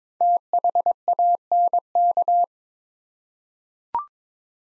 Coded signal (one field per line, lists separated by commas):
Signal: Morse code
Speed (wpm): 23 wpm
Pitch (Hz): 700 Hz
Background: none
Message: THANK